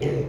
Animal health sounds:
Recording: contact call of a hoofed animal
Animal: pig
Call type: closed-mouth grunt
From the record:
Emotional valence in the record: negative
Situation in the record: short social isolation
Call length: 0.28 s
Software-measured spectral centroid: 1310 Hz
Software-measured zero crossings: 860 a second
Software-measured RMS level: -25 dBFS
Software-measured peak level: -12 dBFS

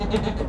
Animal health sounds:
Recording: contact call of a hoofed animal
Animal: goat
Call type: low-frequency (closed-mouth) or high-frequency (open-mouth) call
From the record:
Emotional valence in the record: positive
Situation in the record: food anticipation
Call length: 0.49 s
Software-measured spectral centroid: 1850 Hz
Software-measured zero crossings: 1080 a second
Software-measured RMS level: -24 dBFS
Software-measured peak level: -11 dBFS

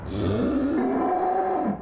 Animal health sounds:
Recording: contact call of a hoofed animal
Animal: cattle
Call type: low-frequency (closed-mouth) or high-frequency (open-mouth) call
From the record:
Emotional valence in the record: negative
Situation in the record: full separation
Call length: 1.82 s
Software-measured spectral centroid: 1020 Hz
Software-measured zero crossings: 970 a second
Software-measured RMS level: -24 dBFS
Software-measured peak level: -14 dBFS

